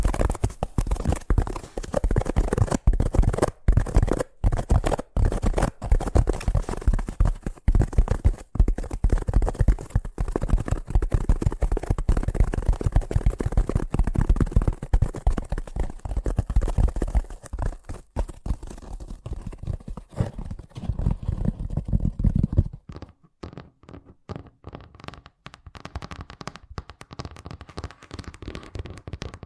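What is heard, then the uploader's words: Fast, dense tapping rattles on almost continuously, thinning out after about seventeen seconds and dropping to quieter, sparser taps near twenty-three seconds. ASMR Braingasm Inducing Fast Tapping (No Talking).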